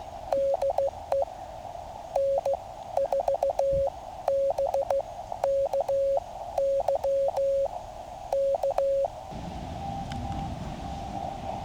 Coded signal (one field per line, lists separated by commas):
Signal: Morse code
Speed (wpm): 15 wpm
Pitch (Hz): 550 Hz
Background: none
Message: DE N4BKY K